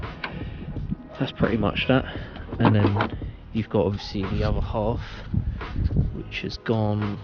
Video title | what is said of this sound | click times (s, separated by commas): MK6 Fiesta ST150- GETS A NEW THERMOSTAT , A FRONT STRUT BRACE AND NB STYLING BONNET STRUTS | and it will snap into place like that so | 0.2 s